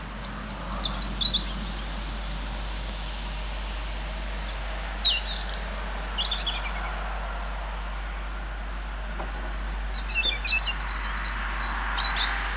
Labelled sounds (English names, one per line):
European Robin song